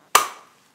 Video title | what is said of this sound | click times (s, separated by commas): Episode 23 – Johann Fanzoj Express Rifle -- Double Rifle, .500/465 Nitro Express | you hear a click let's lock together | 0.2 s